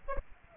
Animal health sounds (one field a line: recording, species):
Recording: mosquito wingbeat signal from an infrared sensor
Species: Aedes aegypti